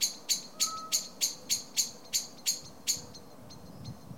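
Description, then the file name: Common blackbird call: hard clicking notes repeated every third of a second, then fading to faint ticks near the end. "Turdus merula"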